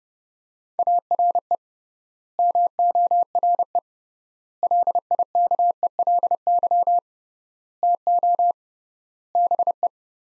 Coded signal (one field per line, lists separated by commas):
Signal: Morse code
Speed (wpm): 30 wpm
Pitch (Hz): 700 Hz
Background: none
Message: ARE MORE LIKELY TO BE